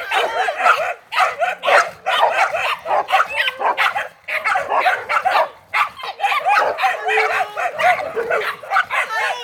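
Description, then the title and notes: Dogs barking in a dense chorus, many overlapping sharp barks with hardly a pause, several animals calling at once. Dogs at 13 Chemin des Filaos, Cilaos, Réunion, recorded 17 December 2018 around 18:05. "13 Chemin Des Filaos, Réunion - chiens. À Cilaos on s'entoure de chiens"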